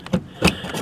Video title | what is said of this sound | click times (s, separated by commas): Installation Video For 2017-2023 Camaro ZL1 without 1LE performance package | Now just pull the pull pin, grab the front, turn it in two, push it in until it clicks into place. There you go. | 0.5 s